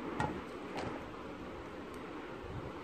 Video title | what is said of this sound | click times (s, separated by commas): Surprise OURANOSAURUS find!!! 😄 - Unbox JW Camp Cretaceous toy | now i stuck the tail in you have to wait until you hear that click okay | 0.2 s